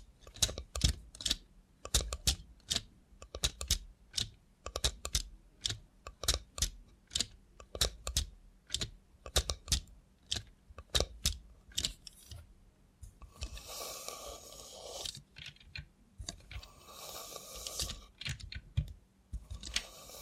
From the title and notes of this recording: Try ASMR with a Robot Hand (No Talking).